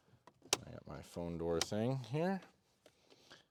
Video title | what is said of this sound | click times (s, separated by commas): MK8.5 15W Wireless Phone Charger Install on MK8 | this and just kind of fit in there until it clicks I | 0.5 s